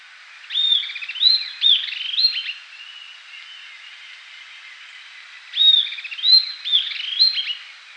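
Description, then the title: Southern antpipit giving two chattering phrases about five seconds apart, sharp slurred whistles followed by quick stuttered notes, soft hiss underneath. "LuckyPassaro Completos2Sama. Southern Antpipit (Corythopis delalandi)"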